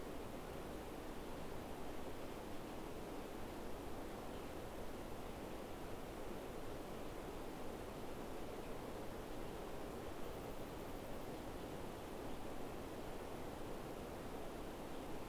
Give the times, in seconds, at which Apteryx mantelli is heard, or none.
none